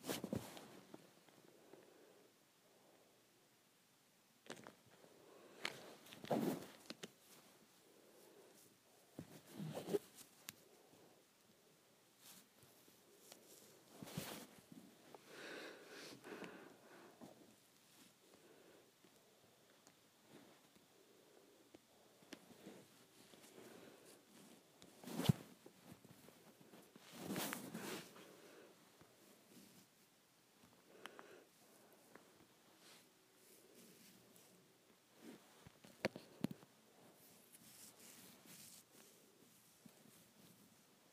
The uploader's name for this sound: Playing with my Hair